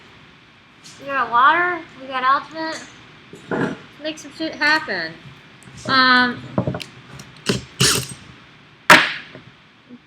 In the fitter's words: There's the click.